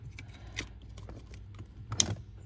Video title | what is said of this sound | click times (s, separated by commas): Throttle Valve Controller for FJ Cruiser - 9 Drive Modes Explained | Snap naman nag-snap naman siya no | 2.0 s